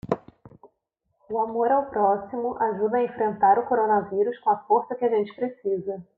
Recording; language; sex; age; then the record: spoken sentence; Brazilian Portuguese; female; 30 to 39 years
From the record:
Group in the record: control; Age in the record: 31 years